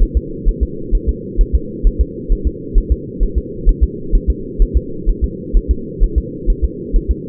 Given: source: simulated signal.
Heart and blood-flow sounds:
fetal heart sounds
0.03 s: S1
0.17 s: S2
0.49 s: S1
0.63 s: S2
0.95 s: S1
1.09 s: S2
1.41 s: S1
1.55 s: S2
1.87 s: S1
2.01 s: S2
2.32 s: S1
2.47 s: S2
2.78 s: S1
2.92 s: S2
3.23 s: S1
3.38 s: S2
3.69 s: S1
3.83 s: S2
4.15 s: S1
4.30 s: S2
4.62 s: S1
4.77 s: S2
5.09 s: S1
5.24 s: S2
5.57 s: S1
5.71 s: S2
6.04 s: S1
6.18 s: S2
6.50 s: S1
6.65 s: S2
6.96 s: S1
7.11 s: S2
From the record:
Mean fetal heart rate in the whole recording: 130 bpm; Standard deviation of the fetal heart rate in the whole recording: 2 bpm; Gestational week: 38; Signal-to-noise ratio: -4.3 dB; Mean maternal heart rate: 72 bpm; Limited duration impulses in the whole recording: absent

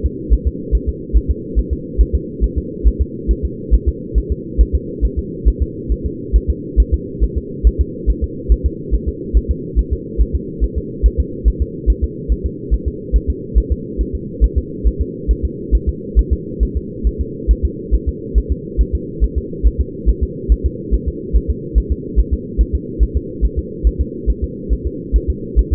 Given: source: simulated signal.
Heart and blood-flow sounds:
fetal heart sounds
0.06 s: S2
0.33 s: S1
0.47 s: S2
0.75 s: S1
0.89 s: S2
1.17 s: S1
1.31 s: S2
1.59 s: S1
1.73 s: S2
2.01 s: S1
2.15 s: S2
2.44 s: S1
2.58 s: S2
2.87 s: S1
3.02 s: S2
3.31 s: S1
3.45 s: S2
3.74 s: S1
3.88 s: S2
4.18 s: S1
4.32 s: S2
4.61 s: S1
4.75 s: S2
5.05 s: S1
5.19 s: S2
5.48 s: S1
5.62 s: S2
5.92 s: S1
6.06 s: S2
6.36 s: S1
6.50 s: S2
6.80 s: S1
6.94 s: S2
7.24 s: S1
7.38 s: S2
7.67 s: S1
7.81 s: S2
8.10 s: S1
8.24 s: S2
8.52 s: S1
8.66 s: S2
8.95 s: S1
9.08 s: S2
9.37 s: S1
9.51 s: S2
9.79 s: S1
9.93 s: S2
10.21 s: S1
10.35 s: S2
10.64 s: S1
10.78 s: S2
11.06 s: S1
11.20 s: S2
11.48 s: S1
11.62 s: S2
11.90 s: S1
12.04 s: S2
12.32 s: S1
12.46 s: S2
12.74 s: S1
12.88 s: S2
13.16 s: S1
13.30 s: S2
13.58 s: S1
13.72 s: S2
14.01 s: S1
14.15 s: S2
14.44 s: S1
14.58 s: S2
14.87 s: S1
15.01 s: S2
15.31 s: S1
15.45 s: S2
15.75 s: S1
15.89 s: S2
16.19 s: S1
16.33 s: S2
16.63 s: S1
16.77 s: S2
17.07 s: S1
17.21 s: S2
17.51 s: S1
17.65 s: S2
17.95 s: S1
18.08 s: S2
18.38 s: S1
18.52 s: S2
18.81 s: S1
18.95 s: S2
19.24 s: S1
19.38 s: S2
19.67 s: S1
19.81 s: S2
20.09 s: S1
20.23 s: S2
20.52 s: S1
20.66 s: S2
20.94 s: S1
21.08 s: S2
21.36 s: S1
21.50 s: S2
21.78 s: S1
21.92 s: S2
22.20 s: S1
22.33 s: S2
22.61 s: S1
22.75 s: S2
23.03 s: S1
23.17 s: S2
23.45 s: S1
23.59 s: S2
23.87 s: S1
24.01 s: S2
24.30 s: S1
24.44 s: S2
24.73 s: S1
24.87 s: S2
25.16 s: S1
25.30 s: S2
25.59 s: S1
25.73 s: S2
From the record:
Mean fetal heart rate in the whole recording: 140 bpm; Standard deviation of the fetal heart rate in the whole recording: 2 bpm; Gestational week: 34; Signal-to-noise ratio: -4.1 dB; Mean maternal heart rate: no maternal heart sound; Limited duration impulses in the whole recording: absent

